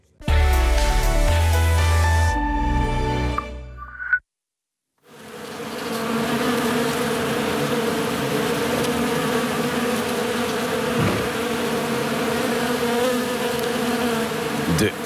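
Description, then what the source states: Bees buzzing in a dense, steady hum with low droning tones, preceded by a few seconds of music and a short silence. Bees buzzing while feeding on nectar at flowering ivy late in the year, in Jan Derk Otter's garden in Karlsruhe, Germany; listener recording.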